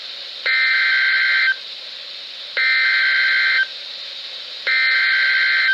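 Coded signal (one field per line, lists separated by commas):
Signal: Emergency Alert System (SAME) tones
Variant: header bursts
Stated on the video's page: Severe Thunderstorm Warning broadcast on NOAA Weather Radio station WXL39, Mount Holly NJ forecast office.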